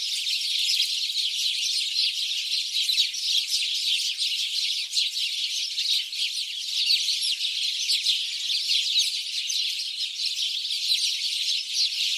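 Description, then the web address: House sparrow flock chattering nonstop, countless sharp chirps overlapping into an unbroken, even din for the whole stretch. "SETE data Passer domesticus"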